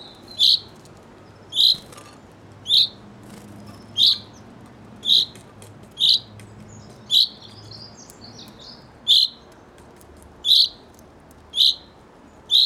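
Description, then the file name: Common chaffinch calling: a short, sharp, high note repeated eleven times, roughly once a second. "Fringilla coelebs"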